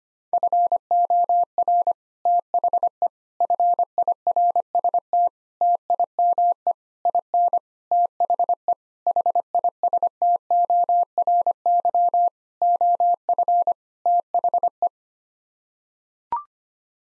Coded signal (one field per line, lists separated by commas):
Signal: Morse code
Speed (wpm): 25 wpm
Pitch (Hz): 700 Hz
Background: none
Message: FOR THE FIRST TIME IN THE HISTORY OF THE